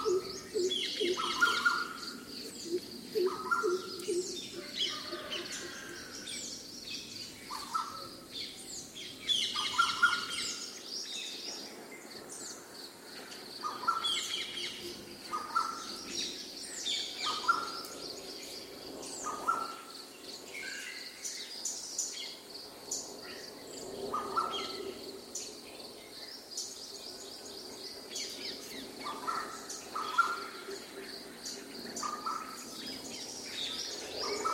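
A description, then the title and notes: An outdoor nature scene in India, full of bird calls. A short, clear note repeats roughly every two seconds throughout, over a dense layer of high chirps and tweets from many birds. A faint low rumble sits underneath for the first ten seconds, then fades. Recorded in India. Nature Sounds Of India. Field Recording Of India.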